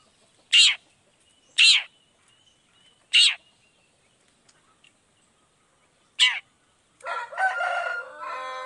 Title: Cendet Gacor Dor Di Kala Pagi Toet Toet Variasi Suara. Cendet Gacor Langsung Nyaut Emosi Hanya dengan Sekali Putar Bikin Cendet Lainya Cepat Respon Bunyi